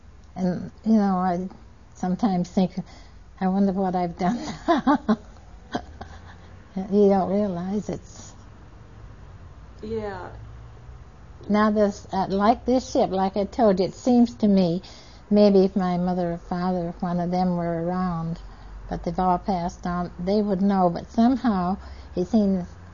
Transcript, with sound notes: and you know, sometimes think, I wondered what I've done. (she laughs) You don't realize it's--now there's like this ship, like I told you, it seems to me, maybe if my mother or father, one of them were around but they've all passed on, they would know, but somehow it seems